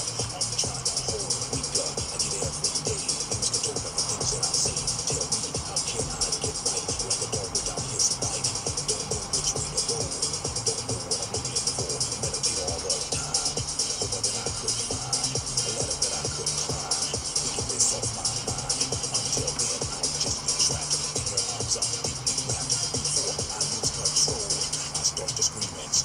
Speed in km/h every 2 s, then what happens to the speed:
90, 90, 92, 92, 90, 85, 84, 86, 85, 86, 86, 87, 88.
0-6 steady at about 90. 6-10 slows to 85. 10-26 steady at about 86.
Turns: none.